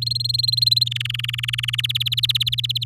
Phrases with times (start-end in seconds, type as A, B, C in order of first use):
0.02-0.84 A, 0.86-1.75 B, 1.78-2.84 C